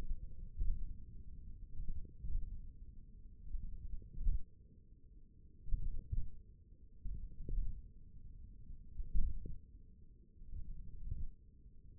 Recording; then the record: forearm muscle sounds (acoustic myography)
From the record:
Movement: tripod grip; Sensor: system 1, eight BSWA MPA416 microphones around the upper forearm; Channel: 1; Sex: male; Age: 28 years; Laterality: right